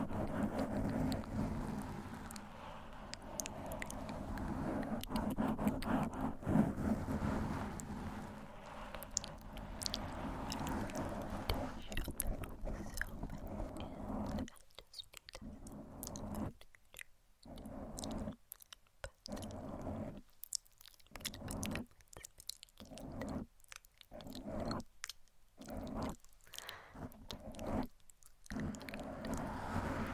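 Gentle mic scratching with soft, inaudible whispering: a dense, rustling texture with quick chewing-like crackles fills the first half. After about fifteen seconds it turns choppy, with bursts of scratching broken by brief silences at a fairly regular pace.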